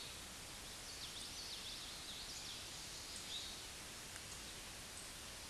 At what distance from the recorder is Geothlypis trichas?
about 50 m